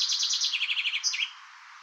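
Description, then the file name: Common chaffinch song ending: a descending trill of quick repeated notes, finished by two emphatic slurred notes, then quiet. "erdei pinty eneke"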